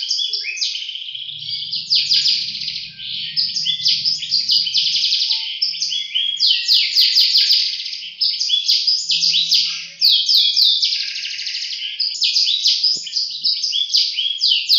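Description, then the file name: Atlantic canary singing a long, continuous, rich song of rapid trills and rolling phrases, bright and varied throughout, with a faint low hum in the first seconds. Competition canary, champion of a 2015 songbird contest. "kenari-james-bond-jawara-piala-raja-2015"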